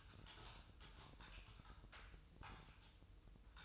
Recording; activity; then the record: daily activity, microphone in the room; typing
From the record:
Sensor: 2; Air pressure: 988.6 hPa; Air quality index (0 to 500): 202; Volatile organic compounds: 265 ppm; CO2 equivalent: 4400 ppm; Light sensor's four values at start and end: 21/74/28/28 and 21/74/28/28